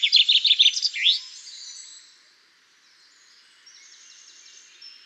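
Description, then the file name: Common chaffinch song: a fast, rattling series of chips closing with a brief flourish, then fainter high twittering. "Fringilla coelebs"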